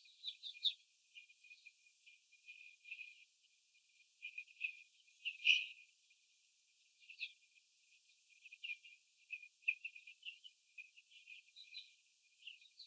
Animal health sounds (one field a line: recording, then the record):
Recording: young laying hens in a cage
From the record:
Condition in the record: after the stressor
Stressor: sudden umbrella opening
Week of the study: 3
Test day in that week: 2